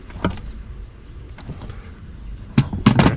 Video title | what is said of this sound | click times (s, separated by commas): Van Foam and Lights Re-Upload | click I mean it's flat | 2.9 s